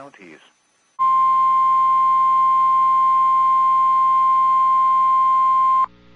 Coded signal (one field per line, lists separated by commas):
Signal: Emergency Alert System (SAME) tones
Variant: 1050 Hz attention tone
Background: speech